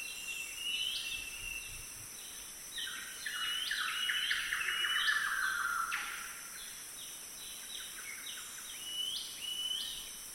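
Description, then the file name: Golden whistler song, soft ringing whistled notes in quick runs, some sliding downward, beneath a steady high hiss. "golden whistler bird singing"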